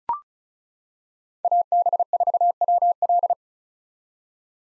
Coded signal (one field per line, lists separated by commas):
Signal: Morse code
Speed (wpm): 34 wpm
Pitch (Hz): 700 Hz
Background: none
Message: AB4WL